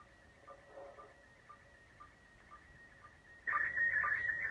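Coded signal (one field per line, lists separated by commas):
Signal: SSTV (slow-scan television)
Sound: steady high whistle with brief lower blips, then a rapidly warbling, scratchy tone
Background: radio static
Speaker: réception d'une image de l'ISS toujours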